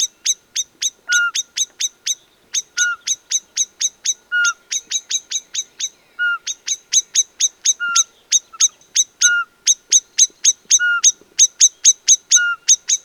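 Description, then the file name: Common blackbird giving rapid bursts of hard, high ticking notes, each burst with a short, lower note, the bursts repeated every second or two. "Turdus merula"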